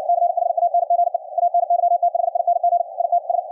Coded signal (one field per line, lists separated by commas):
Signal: Morse code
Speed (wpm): 58 wpm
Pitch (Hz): 700 Hz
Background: radio noise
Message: CHANGE ANYTHING IT S